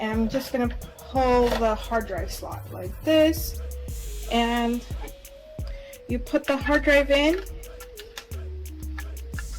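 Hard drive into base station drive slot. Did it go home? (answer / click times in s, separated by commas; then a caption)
no / none. A hard drive is being handled at the pulled-out drive slot of a Eufy Security EufyCam 3 base station while someone talks over background music. A few faint brief knocks are heard near the end, but the drive has not seated or clicked into the slot yet.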